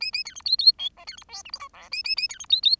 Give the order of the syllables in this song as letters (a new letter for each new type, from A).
A A B C D D E F B C G H I J K A A A B C D D